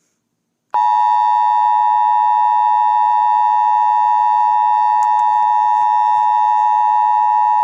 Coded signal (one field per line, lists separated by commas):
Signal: Emergency Alert System (SAME) tones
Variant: 853 and 960 Hz attention tone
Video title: LUNAR MOON | An EAS Scenario